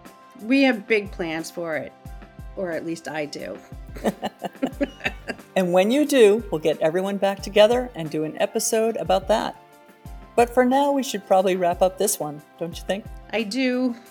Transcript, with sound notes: We have big plans for it. Or at least I do! (laughs)
And when you do, we’ll get everyone back together and do an episode about that. But for now, we should probably wrap up this one, don’t you think?